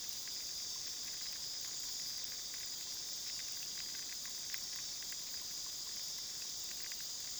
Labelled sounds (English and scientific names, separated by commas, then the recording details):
none
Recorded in pastures near Puerto Asís, Putumayo, Colombia, on 21 February 2024 at 23:00
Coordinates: 0.497, -76.327
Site G7276